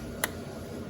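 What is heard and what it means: A RAM module is pressed home into a motherboard DIMM slot, and the memory module latch gives one sharp, brief click at 0.2 seconds over a steady low background hum. The click confirms the module is seated.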